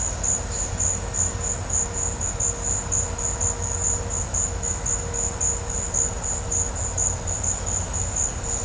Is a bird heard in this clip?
no